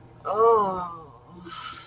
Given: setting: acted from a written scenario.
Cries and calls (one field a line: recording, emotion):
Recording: vocal sound without words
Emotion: desire